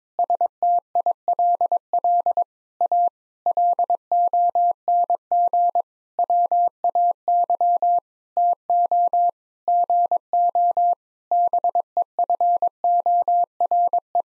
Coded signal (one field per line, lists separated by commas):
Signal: Morse code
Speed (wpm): 22 wpm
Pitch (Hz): 700 Hz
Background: none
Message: STILL A LONG WAY TO GO BEFORE